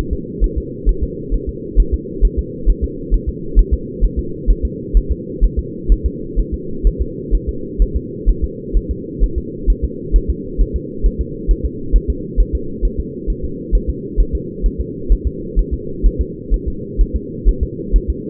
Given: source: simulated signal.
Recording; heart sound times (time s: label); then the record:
fetal heart sounds
0.13 s: S2
0.44 s: S1
0.58 s: S2
0.89 s: S1
1.03 s: S2
1.34 s: S1
1.49 s: S2
1.80 s: S1
1.94 s: S2
2.25 s: S1
2.39 s: S2
2.69 s: S1
2.84 s: S2
3.14 s: S1
3.29 s: S2
3.59 s: S1
3.74 s: S2
4.04 s: S1
4.19 s: S2
4.50 s: S1
4.65 s: S2
4.97 s: S1
5.11 s: S2
5.44 s: S1
5.59 s: S2
5.92 s: S1
6.06 s: S2
6.39 s: S1
6.54 s: S2
6.87 s: S1
7.01 s: S2
7.35 s: S1
7.49 s: S2
7.82 s: S1
7.96 s: S2
8.29 s: S1
8.44 s: S2
8.77 s: S1
8.91 s: S2
9.23 s: S1
9.38 s: S2
9.70 s: S1
9.84 s: S2
10.16 s: S1
10.30 s: S2
10.61 s: S1
10.76 s: S2
11.06 s: S1
11.21 s: S2
11.51 s: S1
11.65 s: S2
11.96 s: S1
12.10 s: S2
12.40 s: S1
12.55 s: S2
12.85 s: S1
13.00 s: S2
13.30 s: S1
13.44 s: S2
13.75 s: S1
13.89 s: S2
14.20 s: S1
14.35 s: S2
14.66 s: S1
14.80 s: S2
15.12 s: S1
15.27 s: S2
15.59 s: S1
15.74 s: S2
16.06 s: S1
16.21 s: S2
16.54 s: S1
16.68 s: S2
17.01 s: S1
17.16 s: S2
17.48 s: S1
17.63 s: S2
17.96 s: S1
18.10 s: S2
From the record:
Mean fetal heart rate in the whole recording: 130 bpm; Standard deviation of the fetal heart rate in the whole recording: 2 bpm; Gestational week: 36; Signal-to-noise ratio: -4.3 dB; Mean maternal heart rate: 72 bpm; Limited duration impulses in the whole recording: absent